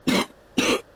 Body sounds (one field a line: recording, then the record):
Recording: coughing mixed with background sound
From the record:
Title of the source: 60 coughing still (deep and wet cough)